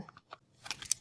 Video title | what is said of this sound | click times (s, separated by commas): How to Set Up Your DATCP Moth Bucket Trap | So now our lid is completely snapped into place and we're | 0.7 s, 0.9 s